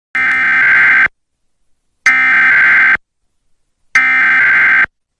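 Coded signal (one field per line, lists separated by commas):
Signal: Emergency Alert System (SAME) tones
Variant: header bursts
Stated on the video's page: Fake test in a made-up PBS Kids program break.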